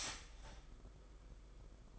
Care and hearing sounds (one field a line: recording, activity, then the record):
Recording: daily activity, microphone in the room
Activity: start toaster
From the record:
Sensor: 5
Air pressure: 991.8 hPa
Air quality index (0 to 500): 168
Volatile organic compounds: 442 ppm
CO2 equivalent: 4738 ppm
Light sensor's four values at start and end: 33/110/41/44 and 33/110/41/44